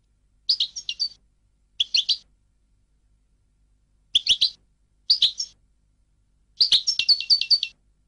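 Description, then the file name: European goldfinch song in short twittering phrases of liquid, tinkling notes, about five bursts with silent pauses, the last one longer and more varied. "audio burung goldfinch"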